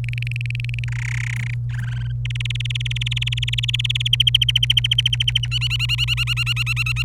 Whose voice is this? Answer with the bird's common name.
Domestic Canary